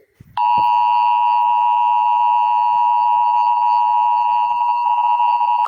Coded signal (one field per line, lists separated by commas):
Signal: Emergency Alert System (SAME) tones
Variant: 853 and 960 Hz attention tone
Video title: 5 emergency alert system in 5:06 seconds.